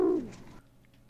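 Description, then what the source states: Rock dove cooing: a single low, soft coo that slides downward and fades out quickly. Wild birds.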